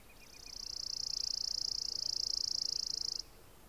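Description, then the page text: Chipping sparrow singing one long, fast trill of identical dry chips that swells in loudness over about three seconds, preceded by a few soft notes. "Richard E Webster - Малая воробьиная овсянка (Spizella passerina)"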